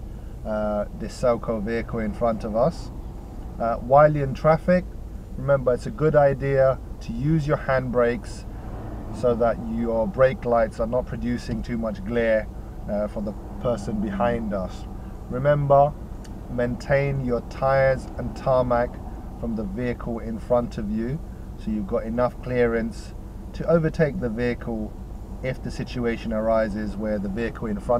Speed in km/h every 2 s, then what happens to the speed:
0, 0, 0, 0, 0, 0, 0, 0, 0, 0, 0, 0, 0, 0.
0-28 standing.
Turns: none.